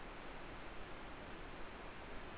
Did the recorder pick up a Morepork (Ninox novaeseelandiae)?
no